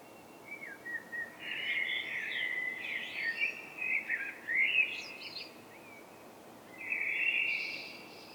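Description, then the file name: Common blackbird song: a long run of warbled and squeaky notes, a quiet gap, then a short phrase with a thin higher part. "Turdus merula"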